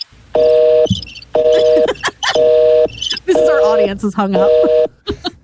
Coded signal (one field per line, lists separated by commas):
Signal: telephone call progress tone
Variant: North America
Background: speech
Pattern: busy tone